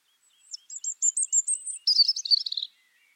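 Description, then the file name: European robin song phrase: a quick run of repeated high ticking notes, then a lower, tumbling, sweet twitter, all over a quiet background. "Erithacus rubecula"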